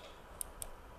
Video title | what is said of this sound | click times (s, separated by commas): How to Use the Built-In Card Reader on an HP Laptop | nice little click in your laptop should tell you that it is in and you see here | 0.4 s